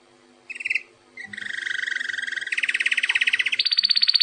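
Canary song: a short high note followed by sustained rapid trills that rise in pitch in steps.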